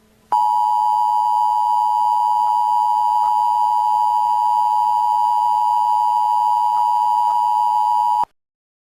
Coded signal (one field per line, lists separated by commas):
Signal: Emergency Alert System (SAME) tones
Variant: 853 and 960 Hz attention tone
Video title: The Dog!: An EAS Scenario